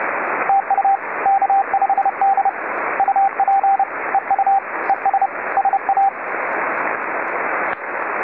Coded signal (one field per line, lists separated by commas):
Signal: Morse code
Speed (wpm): 29 wpm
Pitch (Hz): 790 Hz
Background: radio noise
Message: TU K5D UP EU ES SA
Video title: K5D 20M CW SSB